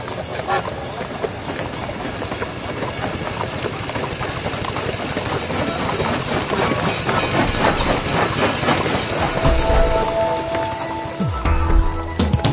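A steady mechanical rumble of a steam engine, dense and continuous, with rhythmic chugging pulses and clanking, and a brief tonal whistle-like hum near the end.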